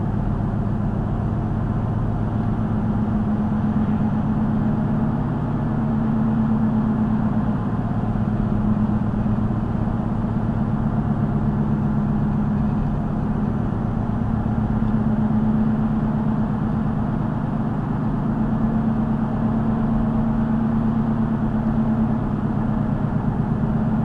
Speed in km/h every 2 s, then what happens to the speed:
68, 72, 74, 72, 71, 71, 71, 74, 74, 74, 76, 74.
0-3 speeds up to 74. 3-24 steady at about 74.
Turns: none.